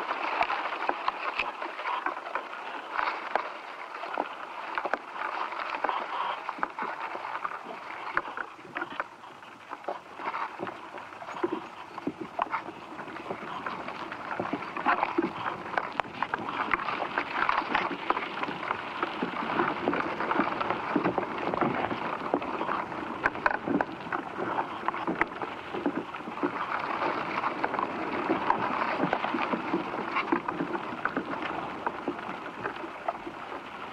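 Inside ash trees, a dense, steady crackle of tiny clicks and ticks runs the whole time, like fine patter or fizzing. The sound sits in the middle and upper range, easing slightly around ten seconds, then thickening again toward the end.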